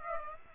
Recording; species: mosquito wingbeat signal from an infrared sensor; Aedes aegypti